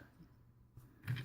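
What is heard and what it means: A plastic foot/peg piece is plugged into the leg of a Transformers Generations Combiner Wars Deluxe Class Protectobot Rook transforming robot figure while its feet are moved into leg mode. After a quiet stretch of faint handling, two short sharp plastic hits land at 1.1 s and 1.2 s. The part is seated in the leg.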